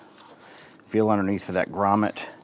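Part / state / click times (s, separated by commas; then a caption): air intake tube rubber grommet onto air filter box / not seated / none. On a 2011–2021 Jeep Grand Cherokee 3.6L V6, the rubber grommet on the air intake tube is handled while being pushed onto a post on the air filter box. There is quiet, low handling noise before someone talks from about 0.9 s onward. Nothing has seated or popped into place yet.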